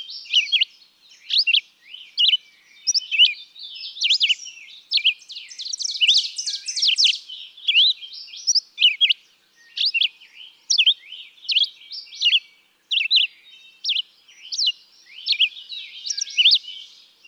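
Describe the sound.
Red-eyed vireo repeating quick whistled phrases separated by short pauses, with a denser burst of twittering for a few seconds.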